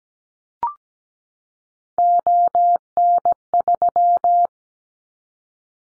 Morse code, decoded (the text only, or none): ON3